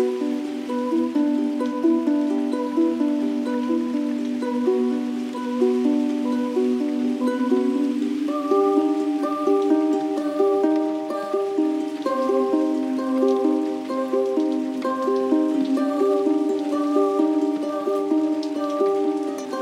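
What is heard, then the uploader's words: Rain patters softly and steadily behind a gentle ukulele and a calm sung melody. The held notes sit in a warm middle range, and the chord shifts up once at about eight seconds. The volume stays even throughout. Rain, ukulele & gentle vocals. Rain falling on a window. Captured in a remote village in Portugal, Summer 2023. Ukulele performed by Ricardo Santos Rocha.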